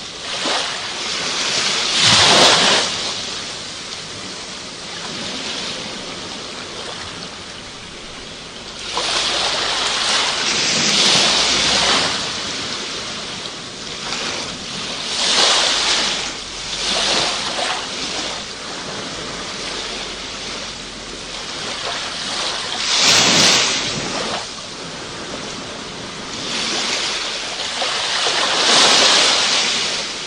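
Ocean waves roll in and wash out in a steady, continuous hiss of surf. Brighter crashes surge at roughly 2, 10, 15, 23 and 29 seconds, each fading back into the churning wash, with a low rumble and some wind noise underneath.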